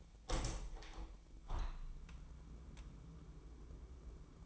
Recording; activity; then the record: daily activity, microphone in the room; open window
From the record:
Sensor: 1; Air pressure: 998.5 hPa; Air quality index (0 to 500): 139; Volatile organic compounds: 4 ppm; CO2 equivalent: 1675 ppm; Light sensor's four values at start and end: 11/27/11/13 and 11/27/11/13